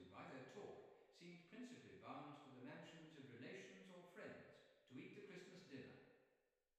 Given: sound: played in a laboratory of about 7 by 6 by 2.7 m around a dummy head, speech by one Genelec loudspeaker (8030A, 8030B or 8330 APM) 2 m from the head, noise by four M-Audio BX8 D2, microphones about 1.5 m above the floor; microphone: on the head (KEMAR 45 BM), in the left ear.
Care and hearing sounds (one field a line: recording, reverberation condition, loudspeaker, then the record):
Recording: male speech in English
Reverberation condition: high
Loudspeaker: 150 degrees to the right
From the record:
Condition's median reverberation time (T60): about 1300 ms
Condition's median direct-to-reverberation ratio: about -4.0 dB